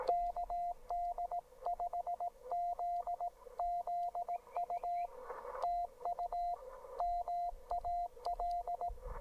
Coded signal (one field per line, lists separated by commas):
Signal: Morse code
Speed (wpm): 18 wpm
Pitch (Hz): 690 Hz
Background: radio noise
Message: KD5ZZU TU MAL